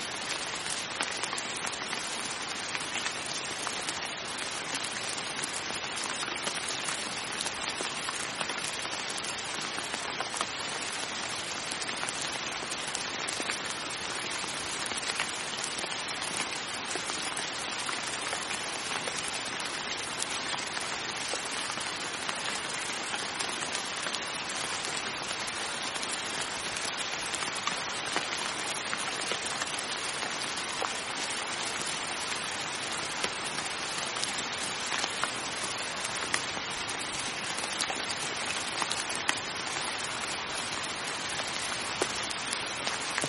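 Steady rain falls without pause, a dense hiss of countless fine drops pattering on a surface. The sound stays even in loudness for the whole stretch, bright, with no other sounds breaking through.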